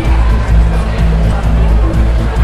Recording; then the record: background sound without coughing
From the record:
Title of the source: Party Noise 1 Hour Party Ambience